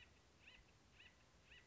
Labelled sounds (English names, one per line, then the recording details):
Acorn Woodpecker
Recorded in Sonoma County, California